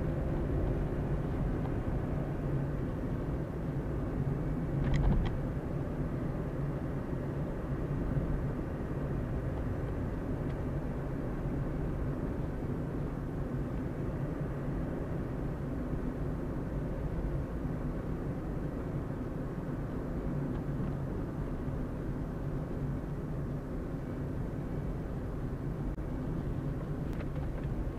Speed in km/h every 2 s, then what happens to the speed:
35, 38, 38, 38, 39, 40, 39, 39, 39, 39, 37, 35, 35, 34.
0-28 steady at about 38.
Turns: none.